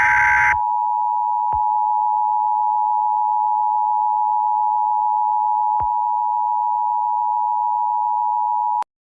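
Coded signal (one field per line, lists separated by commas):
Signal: Emergency Alert System (SAME) tones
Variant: 853 and 960 Hz attention tone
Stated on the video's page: Fictional EAS scenario.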